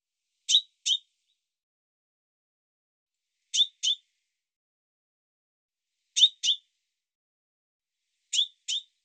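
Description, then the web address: Bird repeating high double chirps, four pairs at gaps of two to three seconds, the notes short and sharp. "cianscape birddata Deverinetal Bird Fr Co"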